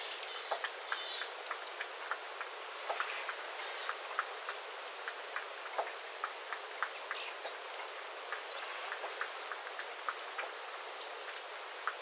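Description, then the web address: Small birds calling with high, thin notes and short slurred chirps in a loose chorus, while water drips tap steadily underneath. Small flock calling, 9 September 2025, with water dripping from the eaves after rain. "paivat 9 9 2025 pikkulintuparven aantelya vesi tippuu raystaalta sateen jalkeen"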